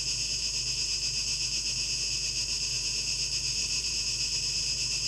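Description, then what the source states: High, continuous cicada buzzing with gentle wavering pulses and a low background hum. 12 August 2023; tape echo mix.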